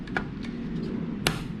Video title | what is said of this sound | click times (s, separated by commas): 이더리움 채굴기 조립 영상 / 원격부팅셋팅 / 화재가 나는 이유와 예방팁 | 양쪽으로 이 소리가 나야 되었고, | 1.3 s